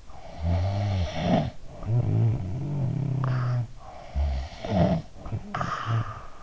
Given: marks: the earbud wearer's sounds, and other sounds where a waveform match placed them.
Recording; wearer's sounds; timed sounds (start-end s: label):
sounds in sleep by an in-ear microphone; snoring breath
0.11-3.84 s: snoring breath
4.00-6.43 s: snoring breath